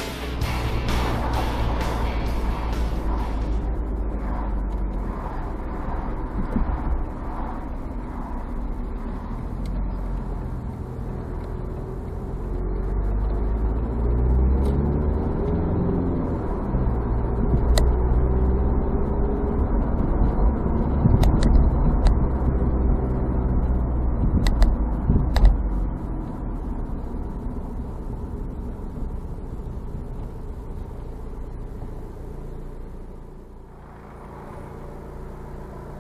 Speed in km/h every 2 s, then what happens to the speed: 42, 38, 33, 29, 21, 18, 22, 27, 37, 46, 49, 47, 40, 27, 18, 9, 0, 0.
0-11 slows to 18. 11-21 speeds up to 49. 21-31 brakes to 0. 31-36 standing.